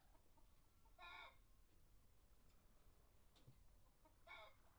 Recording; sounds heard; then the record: poultry house recording; healthy chickens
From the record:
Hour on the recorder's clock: 0